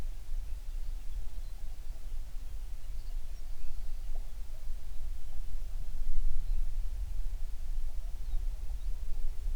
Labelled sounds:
songbird
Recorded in the Prudhoe Bay oil fields, Alaska, on 11 June 2019 at 04:34
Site 21

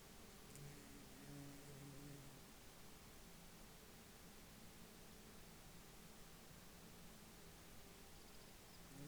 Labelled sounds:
insects
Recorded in Ivvavik National Park, Yukon, on 1 July 2019 at 10:55
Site SINP09

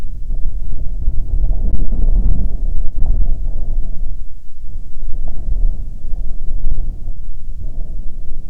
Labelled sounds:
wind
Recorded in the Arctic National Wildlife Refuge, Alaska, on 6 August 2019 at 19:05
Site 49

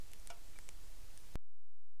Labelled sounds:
rain
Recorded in the Arctic National Wildlife Refuge, Alaska, on 3 August 2019
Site 33

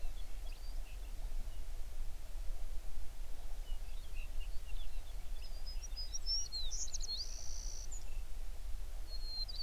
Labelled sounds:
songbird
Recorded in the Prudhoe Bay oil fields, Alaska, on 11 June 2019 at 05:37
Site 21

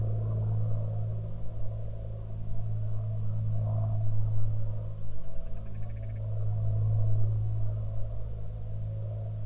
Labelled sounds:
grouse or ptarmigan
aircraft
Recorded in the Prudhoe Bay oil fields, Alaska, on 16 June 2019 at 14:58
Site 16

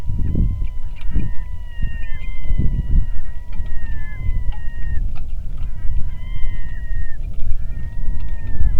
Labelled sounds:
loon
wind
rain
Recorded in the Arctic National Wildlife Refuge, Alaska, on 3 August 2019 at 09:58
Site 46

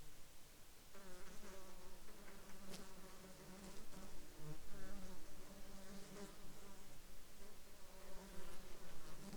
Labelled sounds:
insects
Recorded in the Arctic National Wildlife Refuge, Alaska, on 27 July 2021 at 13:29
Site 35

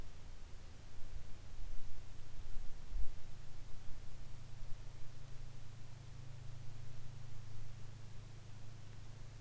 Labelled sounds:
bird
aircraft
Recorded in the Arctic National Wildlife Refuge, Alaska, on 22 July 2019 at 15:37
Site 41

